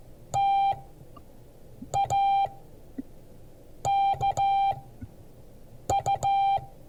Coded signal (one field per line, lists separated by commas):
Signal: Morse code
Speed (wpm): 15 wpm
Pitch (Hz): 790 Hz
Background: none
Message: TAKU